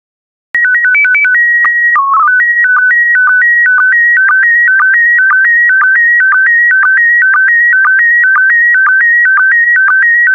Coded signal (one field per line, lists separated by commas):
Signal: SSTV (slow-scan television)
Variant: PD 120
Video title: 12080 Underwater Reefs SSTV PD120